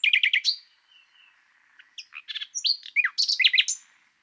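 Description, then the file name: Common nightingale singing: a quick burst of rapid repeated notes, a pause with faint soft notes, then a varied run of sharp, swooping and chattering phrases. "Luscinia megarhynchos"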